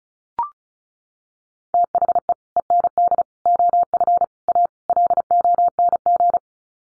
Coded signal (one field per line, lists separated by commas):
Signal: Morse code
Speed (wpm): 34 wpm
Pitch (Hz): 700 Hz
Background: none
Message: THE END OF A LONG